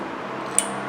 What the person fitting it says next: and it snaps right in place just like that